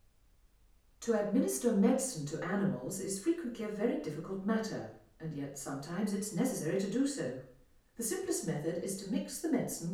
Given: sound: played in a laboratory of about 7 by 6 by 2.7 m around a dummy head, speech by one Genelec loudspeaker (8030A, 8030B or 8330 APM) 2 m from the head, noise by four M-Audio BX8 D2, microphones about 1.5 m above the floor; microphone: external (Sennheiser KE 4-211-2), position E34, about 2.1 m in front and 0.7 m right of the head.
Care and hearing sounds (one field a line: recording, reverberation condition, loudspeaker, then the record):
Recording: female speech in English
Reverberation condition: medium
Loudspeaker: 90 degrees to the left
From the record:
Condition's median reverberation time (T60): about 510 ms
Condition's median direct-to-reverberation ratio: about -0.5 dB